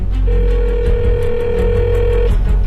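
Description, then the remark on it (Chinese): The first long, steady ringback tone of a mobile phone call plays at one constant pitch for about two seconds, heard through the phone's earpiece held to a listener's ear, over a low rumbling background. “听筒里绵长的第一声灌入了他的耳朵”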